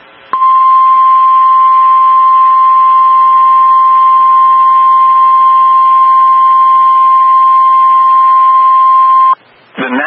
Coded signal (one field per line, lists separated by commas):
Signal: Emergency Alert System (SAME) tones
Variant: 1050 Hz attention tone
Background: speech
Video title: MULTIPLE DAY ALERTS 3 | EAS Alerts from 5/1/25 - 5/3/25